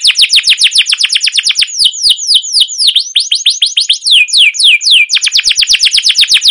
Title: CUIT CUIT NGEROL LANGSUNG GACOR PANJANG Kenari Ini AMPUH Utk Pancingan KENAR. Masteran Suara Burung Kenari Gacor Panjang cuit cuit Ngerol untuk Pancingan Kenari!